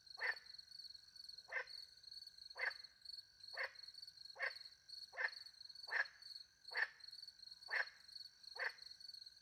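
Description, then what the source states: Frog uttering several repeated short croaks in a steady series, with steady high cricket trilling throughout. Frogs calling by night in French countryside beside a little pond, with crickets; microphones hidden in a tree close to the pond, two Usi pro microphones into a Mixpre 10 II.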